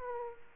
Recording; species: mosquito wingbeat signal from an infrared sensor; Aedes aegypti